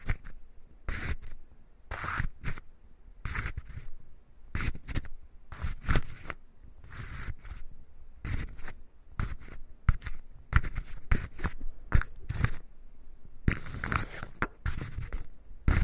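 Wood being scraped in short, rough strokes that come irregularly, roughly one or two per second, with a cluster of denser strokes near the end. Each stroke is a dry, gritty rasp with a hissy top, separated by quiet pauses.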